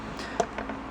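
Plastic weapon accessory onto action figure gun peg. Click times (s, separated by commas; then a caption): 0.4 s, 0.6 s. A plastic accessory is pushed onto a peg and into a hole next to the ammo clip on an action figure's gun. A sharp click at 0.4 seconds and a softer one at 0.6 seconds are heard over a quiet background, and the part pops into place.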